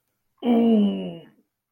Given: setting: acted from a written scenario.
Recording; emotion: vocal sound without words; pain